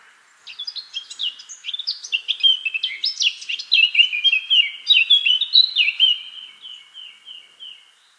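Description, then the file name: Eurasian blackcap singing: fast chattering warble building into bright, loud fluty notes that slide downward, then gradually softening toward the end. "Sylvia atricapilla"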